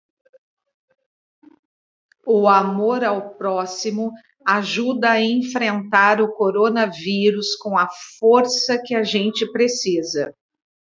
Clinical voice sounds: spoken sentence; Brazilian Portuguese; female; 50 to 59 years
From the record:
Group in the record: control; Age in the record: 51 years

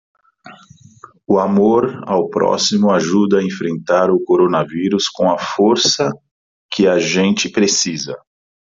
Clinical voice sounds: spoken sentence; Brazilian Portuguese; male; 40 to 49 years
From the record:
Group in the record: control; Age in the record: 45 years

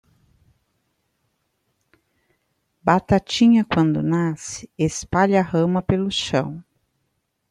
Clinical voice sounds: short text; Brazilian Portuguese; female; 50 to 59 years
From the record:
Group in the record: control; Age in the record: 53 years

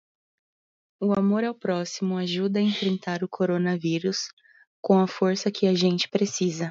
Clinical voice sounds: spoken sentence; Brazilian Portuguese; female; 30 to 39 years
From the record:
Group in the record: control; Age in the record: 31 years

